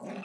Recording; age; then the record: pig call; piglet (1 to 25 days)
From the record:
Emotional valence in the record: negative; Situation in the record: long isolation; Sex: female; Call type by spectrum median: low-frequency call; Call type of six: low-frequency tonal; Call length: 0.24 s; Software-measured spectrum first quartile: 248 Hz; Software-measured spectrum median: 531 Hz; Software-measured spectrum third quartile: 1098 Hz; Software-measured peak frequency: 209 Hz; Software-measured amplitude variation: 96 dB a second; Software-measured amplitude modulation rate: 22.4 a second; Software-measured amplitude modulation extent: 4.3 dB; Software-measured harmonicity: 2.9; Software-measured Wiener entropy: -0.66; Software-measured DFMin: 741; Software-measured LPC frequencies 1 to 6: 547, 1808, 2596, 3638, 6008, 7732 Hz